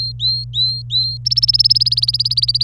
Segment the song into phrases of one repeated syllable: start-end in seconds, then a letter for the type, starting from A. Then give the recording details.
0.00-1.17 A, 1.25-2.63 B. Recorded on 26 April 2018 at 12:32. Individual llb3